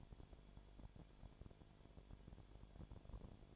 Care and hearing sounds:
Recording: daily activity, microphone in the room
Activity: no activity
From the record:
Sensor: 5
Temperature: 20.0 degrees Celsius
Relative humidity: 37.1%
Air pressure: 1007.4 hPa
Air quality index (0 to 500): 83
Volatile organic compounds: 1 ppm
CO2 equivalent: 951 ppm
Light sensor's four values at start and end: 2/3/1/1 and 2/3/1/1

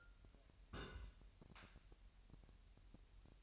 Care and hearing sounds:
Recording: daily activity, microphone in the room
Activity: place on stove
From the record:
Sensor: 2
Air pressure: 1001.9 hPa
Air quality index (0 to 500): 242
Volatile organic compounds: 32 ppm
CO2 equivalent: 3010 ppm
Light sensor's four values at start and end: 5/11/4/4 and 5/11/4/4

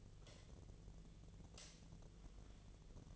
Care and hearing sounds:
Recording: daily activity, microphone in the room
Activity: light on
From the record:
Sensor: 4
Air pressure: 1010.7 hPa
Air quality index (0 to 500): 174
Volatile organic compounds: 5 ppm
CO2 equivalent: 1768 ppm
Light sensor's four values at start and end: 36/105/42/42 and 36/106/42/43

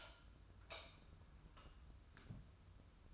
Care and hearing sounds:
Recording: daily activity, microphone in the room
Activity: light off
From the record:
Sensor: 2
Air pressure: 994.3 hPa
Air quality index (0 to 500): 215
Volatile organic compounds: 1000 ppm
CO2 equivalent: 7129 ppm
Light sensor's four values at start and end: 124/299/126/129 and 123/293/123/127

